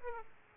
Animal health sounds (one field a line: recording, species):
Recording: mosquito wingbeat signal from an infrared sensor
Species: Aedes aegypti